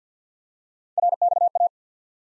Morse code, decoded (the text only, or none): RXA